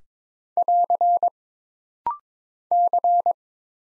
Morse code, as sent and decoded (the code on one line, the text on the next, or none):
.-.-. / -.-.
<AR> C